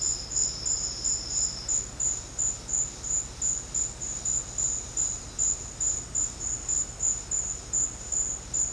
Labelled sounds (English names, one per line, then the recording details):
none
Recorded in secondary vegetation near Puerto Asís, Putumayo, Colombia, on 19 March 2025 at 11:00
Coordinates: 0.484, -76.319
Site G010